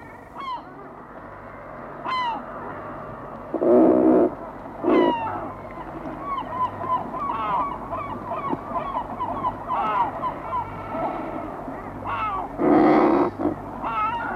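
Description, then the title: Razorbills growl gruffly in three loud bursts, set against a busy chorus of rising, wailing seabird calls and a constant low hum. Nests in rock crevices and cavities; nest boxes give no protection from mink. "Viikon luontoääni: Ruokki"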